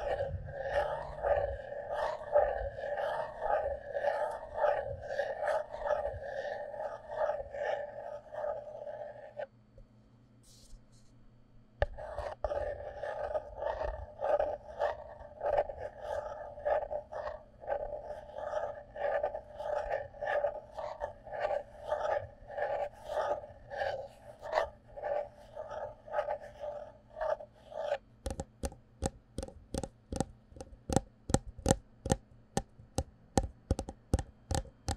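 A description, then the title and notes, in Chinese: Tapping and scratching on cardboard cups makes a dense, hollow, papery rattle for the first half, breaking off into near silence around ten seconds before resuming. Near the end it shifts to sharp, evenly spaced taps that ring out crisply. 紙杯. 紙盒.紙容器觸發。Tapping Cardboard Cups。NO Talking。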